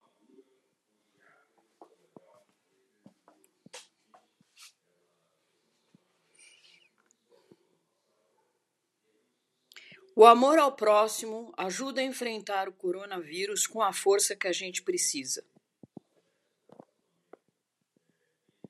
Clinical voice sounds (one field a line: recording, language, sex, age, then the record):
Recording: spoken sentence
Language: Brazilian Portuguese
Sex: female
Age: 60 to 69 years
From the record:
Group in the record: control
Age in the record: 69 years